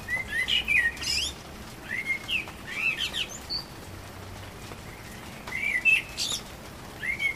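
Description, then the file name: Common blackbird singing rich, warbled fluting phrases with sliding notes and thin high flourishes, several phrases in quick succession over faint background hiss. Recorded 12 April 2010. "Amsel 20100412"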